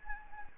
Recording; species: mosquito wingbeat signal from an infrared sensor; Anopheles gambiae